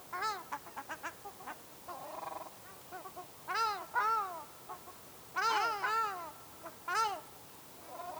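Ruddy shelduck honking calls: nasal, arched honks in short bursts, some single and some run together in quick series, with quieter clipped notes between.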